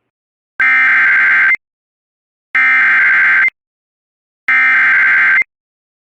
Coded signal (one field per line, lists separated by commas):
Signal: Emergency Alert System (SAME) tones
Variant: header bursts